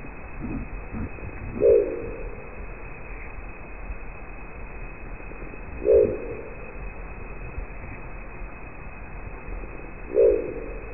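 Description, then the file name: Crested owl hoots: three short, deep, low-pitched notes spaced about four seconds apart over a steady background hiss. "canto da coruja de crista"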